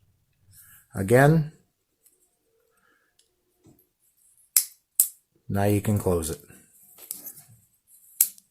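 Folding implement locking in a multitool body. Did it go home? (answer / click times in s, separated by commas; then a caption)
yes / 8.2 s. Someone talks while a folding implement on a Leatherman Free P4 multitool is closed and swung open, with sharp metallic snaps around 4.6 s and 5.0 s. The implement locks into place with a crisp snap at 8.2 s, confirming it is seated.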